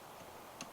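A new wiper blade is pulled onto the windshield wiper arm hook until its plastic adapter clip locks. A single sharp click is heard at 0.6 s against a low steady background. The clip is seated.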